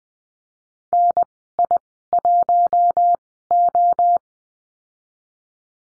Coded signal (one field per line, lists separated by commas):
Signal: Morse code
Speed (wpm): 20 wpm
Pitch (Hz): 700 Hz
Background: none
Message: NI1O